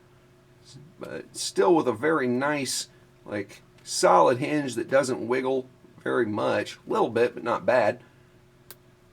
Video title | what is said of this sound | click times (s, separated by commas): Septum Clicker Comparison ft. Body Vision, Industrial Strength, and More- THE MODIFIED WORLD | nice positive click let you know that it's safe in there plus it | 8.7 s